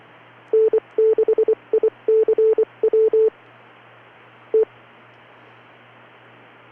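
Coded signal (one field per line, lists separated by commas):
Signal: Morse code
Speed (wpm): 24 wpm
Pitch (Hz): 440 Hz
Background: none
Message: N6ICW T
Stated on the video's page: Weekly swap net on a repeater system, streamed live.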